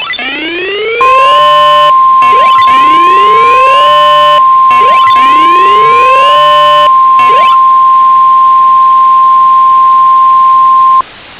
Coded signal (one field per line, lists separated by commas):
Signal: Emergency Alert System (SAME) tones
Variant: 1050 Hz attention tone